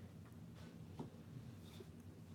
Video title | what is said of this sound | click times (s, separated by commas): Hot Toys Age of Ultron Captain America Infinity War Upgrade | and I'm pretty sure it snaps on his back as well let me see | 1.0 s